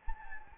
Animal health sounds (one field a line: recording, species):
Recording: mosquito wingbeat signal from an infrared sensor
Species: Anopheles gambiae